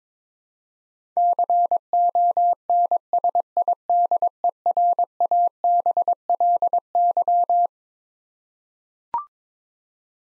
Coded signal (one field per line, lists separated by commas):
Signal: Morse code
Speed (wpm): 22 wpm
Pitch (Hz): 700 Hz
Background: none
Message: CONSIDERABLY